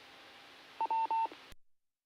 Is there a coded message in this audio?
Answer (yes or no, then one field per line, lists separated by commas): no